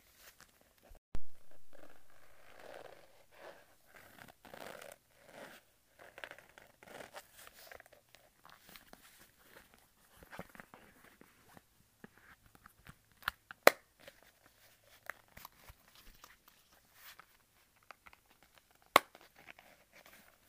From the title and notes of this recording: ASMR Leather Wallet Sounds.